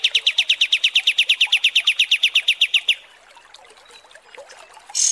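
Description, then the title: Kapas tembak: bird song: a steady, rapid trill of clear high chips lasting about three seconds, followed by quiet and a sudden harsh note at the end. Masteran (tutor recording for training cage birds) of kapas tembak song, described as 'mewah' (luxurious). "Masteran Kapas Tembak Mewah"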